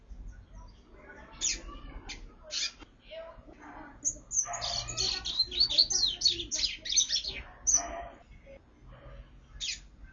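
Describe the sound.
Double-collared seedeater singing a long, rapid run of sharp, high twittering notes, with scattered chirps before and after and a low background hum.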